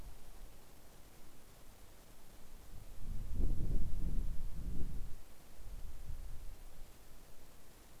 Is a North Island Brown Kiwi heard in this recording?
no